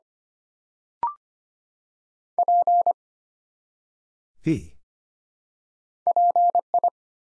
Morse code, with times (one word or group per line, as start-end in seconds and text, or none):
2.4-2.9 P
6.1-6.9 PI